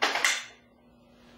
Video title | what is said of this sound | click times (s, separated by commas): 600 Pounds Electric Hoyer Lift | you should hear that click once you're a click | 0.2 s